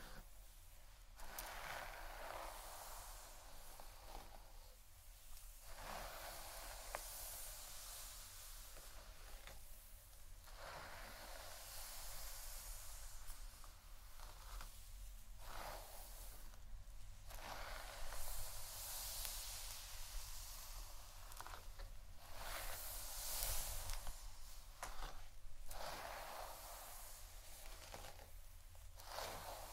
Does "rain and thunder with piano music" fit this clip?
no